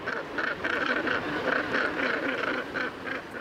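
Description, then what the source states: Northern Gannet harsh grating calls, repeated rasping notes about four per second over a dense background of noise. Colonial breeding pairs reuniting at the nest on the cliffs of Île Bonaventure, Québec, where about 100,000 nest, at the end of spring migration, strengthening their bond with a courtship display.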